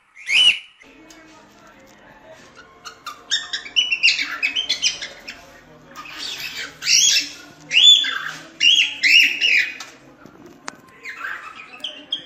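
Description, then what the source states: Cockatiel song: a loud opening squawk, then clusters of raspy, chattering notes in uneven bursts separated by short pauses. Lutino colour form; singing.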